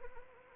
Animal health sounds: mosquito wingbeat signal from an infrared sensor; Anopheles arabiensis

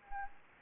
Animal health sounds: mosquito wingbeat signal from an infrared sensor; Anopheles gambiae

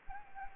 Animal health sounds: mosquito wingbeat signal from an infrared sensor; Anopheles gambiae

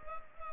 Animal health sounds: mosquito wingbeat signal from an infrared sensor; Culex pipiens

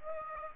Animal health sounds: mosquito wingbeat signal from an infrared sensor; Aedes aegypti

